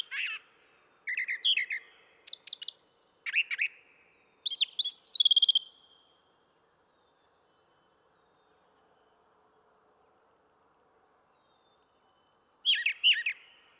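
Brown thrasher song, several varied buzzy and whistled phrases, then a long quiet gap before another phrase near the end.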